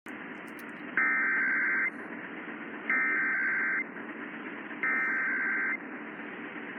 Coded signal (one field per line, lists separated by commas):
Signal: Emergency Alert System (SAME) tones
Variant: header bursts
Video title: Utah's RMT (EAS #1417)